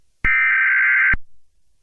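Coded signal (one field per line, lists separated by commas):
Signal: Emergency Alert System (SAME) tones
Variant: header bursts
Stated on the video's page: Fictional EAS scenario, not a real alert; effects made with editing software.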